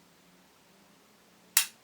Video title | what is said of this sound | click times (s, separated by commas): Subaru Impreza Alternator bearing change and cleaned up. Tested 14.2 volts and Smart Pin tested OK. | so now we're happy with it you can pull this out and you can hear the two brushes click into place | 1.6 s